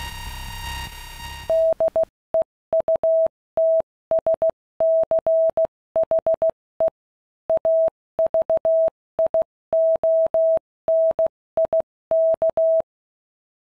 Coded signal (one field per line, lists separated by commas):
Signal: Morse code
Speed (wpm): 16 wpm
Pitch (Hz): 650 Hz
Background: none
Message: DEUTSCHE AVIONIK